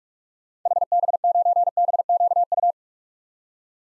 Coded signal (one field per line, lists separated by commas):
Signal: Morse code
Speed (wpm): 47 wpm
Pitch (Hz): 700 Hz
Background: none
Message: HB9BQU